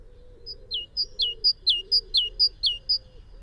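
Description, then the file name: Great tit song: a clear two-note phrase, a high note falling into a lower slurred note, repeated rhythmically several times in quick succession, with a low hum beneath. "Parus major"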